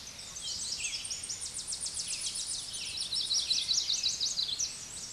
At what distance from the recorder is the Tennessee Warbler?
about 25 m